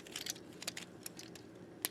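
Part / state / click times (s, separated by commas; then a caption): plastic add-on piece onto an action figure's second leg / not seated / none. A plastic Maketoys Battle tanker add-on piece is handled against the second leg of a Transformers Laser Optimus Prime action figure, making light plastic ticks and rattles around 0.2, 0.3, 0.7 and 1.1 seconds and a sharper tap at 1.9 seconds. Nothing has seated or clicked into place yet.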